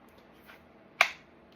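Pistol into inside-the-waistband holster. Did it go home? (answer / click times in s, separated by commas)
yes / 1.0 s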